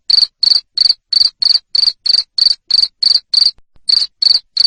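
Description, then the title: Cricket giving loud shrill chirps in a regular rhythm, about three a second, with one short pause before the final few. Loud cricket chirping (ngerik) to stimulate lovebirds into continuous singing (ngekek). "Suara JANGKRIK NGERIK Keras Bikin LOVEBIRD Jadi NGEKEK Terus Vubey"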